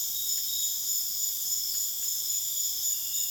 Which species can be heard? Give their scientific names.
none